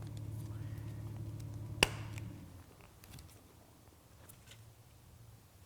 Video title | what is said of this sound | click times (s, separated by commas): BMW Speaker Upgrade/Installation - X5/X6 (E70/E71) 2007+ - BAVSOUND Stage One - Part 2 | There. That time it snapped right in. Perfect. | 1.8 s